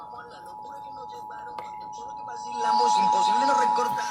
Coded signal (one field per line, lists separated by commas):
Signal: Emergency Alert System (SAME) tones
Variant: 853 and 960 Hz attention tone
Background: speech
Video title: EAS: Severe Thunderstorm Warning (7/6/19)(EAS #125)